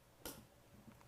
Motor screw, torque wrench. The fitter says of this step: And once again, we turn until it clicks. When it clicks, we're good to go.